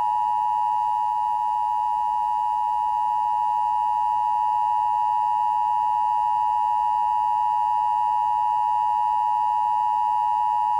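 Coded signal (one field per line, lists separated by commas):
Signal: Emergency Alert System (SAME) tones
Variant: 853 and 960 Hz attention tone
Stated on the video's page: Recorded Emergency Broadcast System tests from 1980 to 1996, the older, more manual predecessor of the Emergency Alert System.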